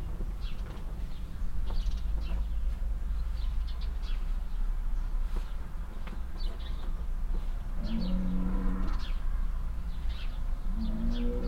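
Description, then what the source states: Cow gives two brief, fairly faint moos near the end, with frequent bird chirps and constant low road noise. Farmstead beside a willow in Heiderscheid; one cow moos constantly and loudly while moving behind a bush; other cows answer more quietly; passing cars and chirping birds.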